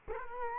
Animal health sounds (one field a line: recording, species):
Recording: mosquito wingbeat signal from an infrared sensor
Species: Culex quinquefasciatus